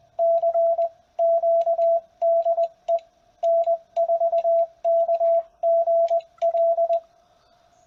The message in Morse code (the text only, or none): CQ DE N4KGL